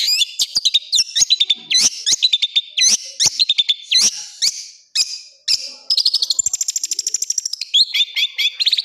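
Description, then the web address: Long-tailed shrike song opening with repeated sharp whistled up-slurs, then a fast high buzzy trill, then more rapid chirping phrases. Full song with 'tembakan' bursts, a master recording for training birds. "cendet full tembakan. masteran cendet"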